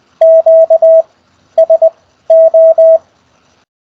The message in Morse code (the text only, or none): QSO